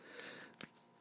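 Plastic legs are snapped onto the body of a build-a Cyborg action figure to finish its assembly. Against a faint background hiss, a single sharp, short snap sounds at 0.6 s, and the legs are seated.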